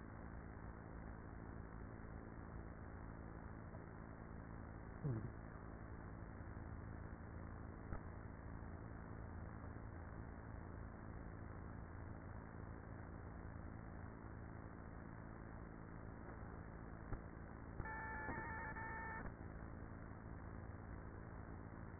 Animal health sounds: honeybee colony, microphone inside the hive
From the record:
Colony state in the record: queenless with a low population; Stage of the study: after two queens were removed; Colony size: about 30,000 bees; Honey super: no

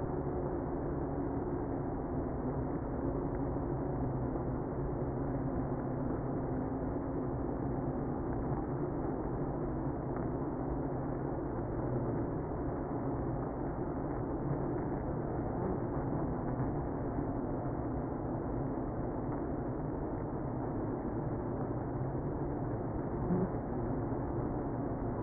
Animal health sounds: honeybee colony, microphone inside the hive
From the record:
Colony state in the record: queenless (queen removed); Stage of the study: after two queens were removed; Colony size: about 60,000 bees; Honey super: yes

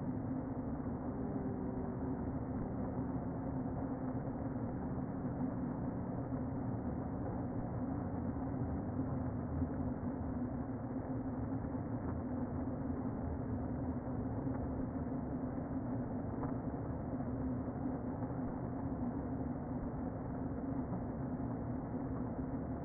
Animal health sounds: honeybee colony, microphone inside the hive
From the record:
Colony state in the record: queen present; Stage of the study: before two queens were removed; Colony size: about 60,000 bees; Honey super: yes

